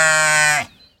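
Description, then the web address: Sheep bleat, one loud harmonic-rich cry, then quiet. "Ian Hubball Sheep"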